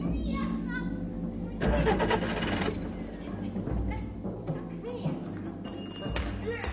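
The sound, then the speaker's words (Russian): A man tries to start his car in a small town: the engine cranks in loud, rough bursts that sputter and die without catching, while the voices of children playing ball on the sidewalk carry on in the background. “А Роберт Гринхилл никак не может справиться с мотором своего автомобиля.”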